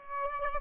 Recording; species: mosquito wingbeat signal from an infrared sensor; Aedes aegypti